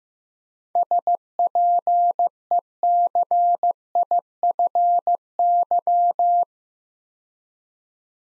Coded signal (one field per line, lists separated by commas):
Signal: Morse code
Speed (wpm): 15 wpm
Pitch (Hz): 700 Hz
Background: none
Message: SPECIFY